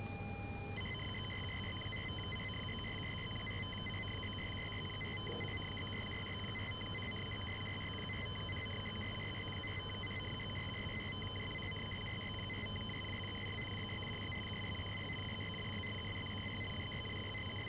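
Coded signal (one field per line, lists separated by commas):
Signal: ZX Spectrum tape loading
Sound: short steady pilot tone, then a long harsh buzzing warble of rapidly alternating tones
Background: background hiss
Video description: ZX Spectrum a carregar um QR Code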